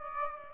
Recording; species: mosquito wingbeat signal from an infrared sensor; Aedes aegypti